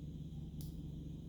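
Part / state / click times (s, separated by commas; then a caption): quick link into bicycle chain / not seated / none. A steel bicycle chain quick link is fitted by hand into the chain, flat side facing down, over a steady low hum, with a brief bright tick of handling at 0.6 s. Nothing has seated or clicked into place yet.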